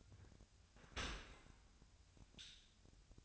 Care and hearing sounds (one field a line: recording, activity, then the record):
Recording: daily activity, microphone in the room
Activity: open dishwasher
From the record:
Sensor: 2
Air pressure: 1006.6 hPa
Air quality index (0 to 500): 203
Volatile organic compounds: 15 ppm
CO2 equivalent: 2480 ppm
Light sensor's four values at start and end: 9/22/9/9 and 9/22/9/9